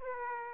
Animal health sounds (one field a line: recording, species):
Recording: mosquito wingbeat signal from an infrared sensor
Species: Aedes aegypti